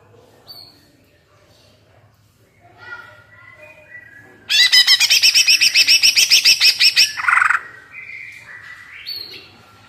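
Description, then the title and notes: Leafbird giving a few soft scattered whistles, then a loud three-second buzzy, rattling chatter ending in slurred notes and a rising whistle. Cucak ijo singing gacor (constantly) and melodiously, ngentrok style with raised crest (jambul nembak); suitable as a master recording for training captive birds. "Cucak Ijo Gacor Ngentrok Jambul Nembak. suara burung cucak ijo gacor, merdu cocok buat masteran burung cucak ijo"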